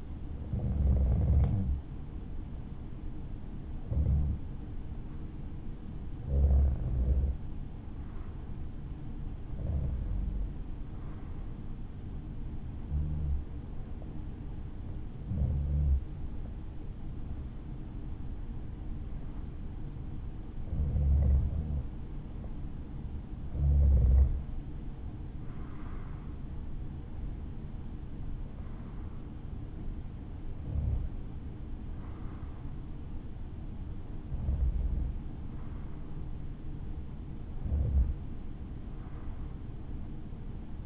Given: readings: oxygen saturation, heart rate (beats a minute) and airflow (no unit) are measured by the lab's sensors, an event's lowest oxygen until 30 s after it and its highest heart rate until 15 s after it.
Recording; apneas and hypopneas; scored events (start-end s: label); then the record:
breathing in sleep by a smartphone at the bedside; none
none scored
From the record:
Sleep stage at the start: REM sleep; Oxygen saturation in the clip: 94 to 95%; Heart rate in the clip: 59 to 65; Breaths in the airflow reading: 12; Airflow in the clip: -4.1 to 6.0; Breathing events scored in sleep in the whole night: 216 in 7.0 hours asleep